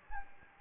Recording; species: mosquito wingbeat signal from an infrared sensor; Anopheles gambiae